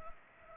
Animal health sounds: mosquito wingbeat signal from an infrared sensor; Culex pipiens

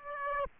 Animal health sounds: mosquito wingbeat signal from an infrared sensor; Aedes aegypti

